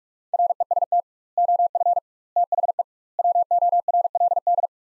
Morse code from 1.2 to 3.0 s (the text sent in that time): OF THE